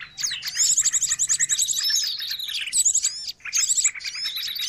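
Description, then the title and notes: Birds chattering in a thick tangle of high squeaky chirps, quick trills and slurred whistles. Long-duration noisy bird sounds used as a lure for catching birds; master training audio. "Master Burung Ribut Durasi Panjang. Burung Ribut Pikat"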